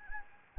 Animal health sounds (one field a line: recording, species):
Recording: mosquito wingbeat signal from an infrared sensor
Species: Anopheles gambiae